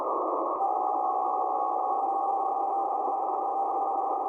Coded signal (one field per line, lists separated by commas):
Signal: PSK63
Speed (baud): 62.5 baud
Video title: (shortwave radio) [ full stream ] analog radio and ARGs